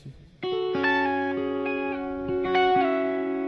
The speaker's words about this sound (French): Par contre, la reverb est pas extraordinaire.